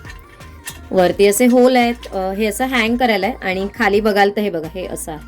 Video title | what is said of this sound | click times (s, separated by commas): IKEA Haul- Useful kitchen finds from IKEA🛍🧿 सरत्या वर्षाची Shopping 🛍 | म्हणजे असं काही कुठे प्रेस करायचं वगैरे नाहीये हे थोडसं मॅग्नेट सारखे आपण सोडलं की हे लॉक होतं हे बघा | 0.7 s